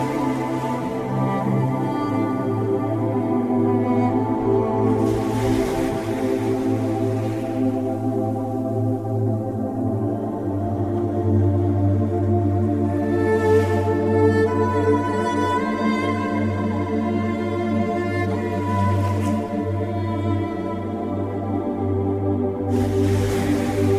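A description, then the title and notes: Relaxing music with ocean waves: slow, sustained chords hold steady, with a deep low hum beneath them and a few gentle, shifting higher notes. Soft hissing washes of surf rise and fade around five, thirteen, nineteen and twenty-three seconds. Relaxing Music with Ocean Waves.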